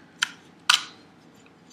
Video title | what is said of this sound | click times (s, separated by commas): Blueant Commute Review | You hear the click, and that's it. | 0.7 s